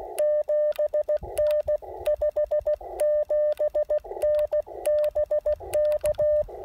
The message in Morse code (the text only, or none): 7N 57N BK